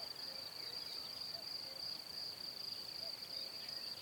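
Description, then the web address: Constant high-pitched cricket trill. "Kurs PTTK Przyroda Ptaki Świerszcze"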